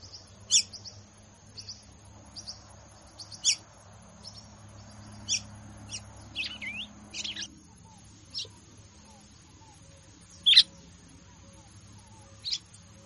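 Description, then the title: Red-cowled cardinal uttering clipped high notes in loose irregular bursts, one louder doubled note standing out, with soft background hiss throughout. Female; song style locally called "batendo fogo". "Canto Galo Campina Fêmea. Galo de Campina batendo fogo ( Canto de Pássaros )"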